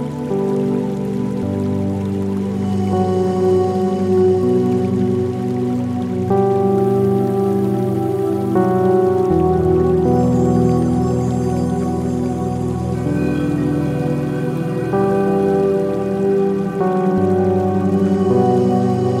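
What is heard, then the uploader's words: Soft, slow zen music with sustained tones that shift to new chords every couple of seconds, over a steady bed of rain and flowing water. Bright chime-like notes ring out high above, and the level stays even throughout. Rainforest Oasis With Zen Music, A Graceful River & Nature Sounds.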